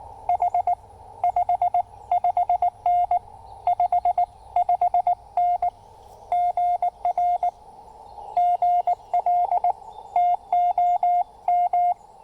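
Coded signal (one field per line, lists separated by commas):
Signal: Morse code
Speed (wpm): 19 wpm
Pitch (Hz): 710 Hz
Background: radio noise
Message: H 5 5N 5 5N GR GL TOM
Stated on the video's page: QRP CW activation on a Yaesu FT-817ND with an Elecraft T1 tuner and a 28.5-foot speaker-wire antenna.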